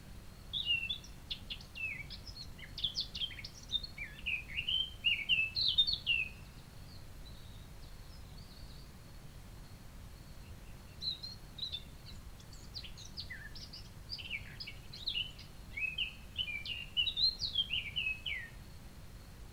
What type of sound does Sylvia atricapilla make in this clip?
song